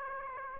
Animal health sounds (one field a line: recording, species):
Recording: mosquito wingbeat signal from an infrared sensor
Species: Aedes aegypti